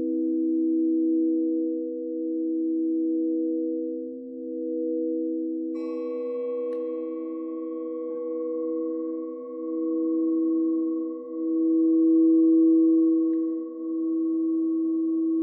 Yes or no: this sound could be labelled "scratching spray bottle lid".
no